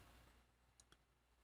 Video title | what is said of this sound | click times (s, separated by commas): #Icom IC-T10 & Accessories | and that snaps in place the same way the battery does | 0.8 s, 0.9 s